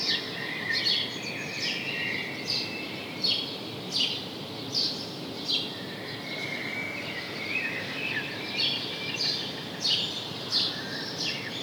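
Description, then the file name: House sparrow chirping, short bright chirps repeated irregularly over a steady hiss of background noise. "Passer domesticus"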